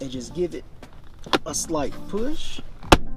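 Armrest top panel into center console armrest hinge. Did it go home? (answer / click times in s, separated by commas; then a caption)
yes / 2.9 s. Someone talks while the top panel of a Mazda 6 center console armrest is slid into place on its pin on the armrest hinge and given a slight push. A sharp snap is heard at 2.9 s as it snaps in, engaged and locked.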